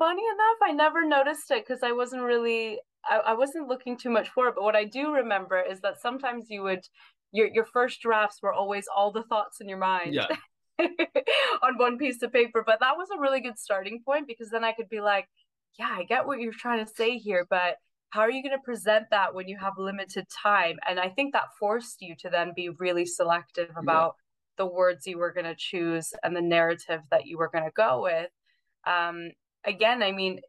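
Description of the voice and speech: A woman speaks fluently in a conversational monologue, with ordinary pauses and no stammering; she does not have a stammer.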